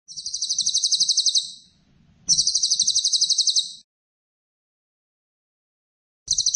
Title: Cililin AMPUH. Cililin gacor tembakan rapet cocok untuk masteran murai